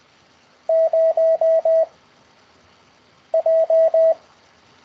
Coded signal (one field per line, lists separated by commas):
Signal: Morse code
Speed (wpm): 20 wpm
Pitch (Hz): 650 Hz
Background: none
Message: 0 J